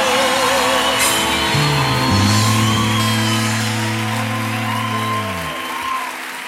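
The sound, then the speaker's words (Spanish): A crowd applauds steadily and loudly, with scattered cheers and whoops, while low sustained musical tones hold beneath the clapping before fading near the end. “Un aplauso fuerte”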